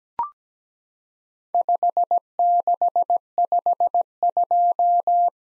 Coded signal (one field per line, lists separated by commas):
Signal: Morse code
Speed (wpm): 17 wpm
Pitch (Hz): 700 Hz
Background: none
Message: 5652